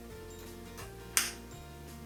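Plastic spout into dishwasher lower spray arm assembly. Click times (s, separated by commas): 1.2 s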